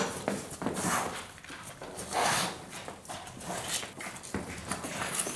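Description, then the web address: Cattle: calves suckling, with wet slurping and sucking sounds in an uneven rhythm. "The BBC Sound Effects Library. Livestock. Calves Suckling"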